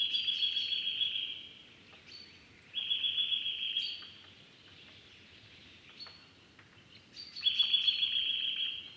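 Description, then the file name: Eurasian nuthatch calling in fast, even trills of clipped notes, three bursts spaced a few seconds apart, with softer scattered notes between them. "Sitta europaea"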